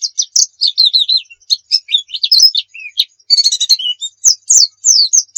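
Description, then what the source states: White-eye song: varied, high chirps and warbled slurs, some lower twangy notes, delivered quickly and continuously. Pleci muria type; masteran (song-training material).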